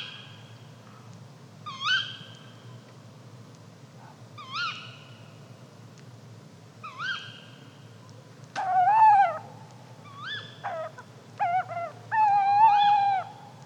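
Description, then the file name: Tawny owl giving a few short, upward-hooked calls spaced about two to three seconds apart, then longer harsh calls and quick notes. "kattugle"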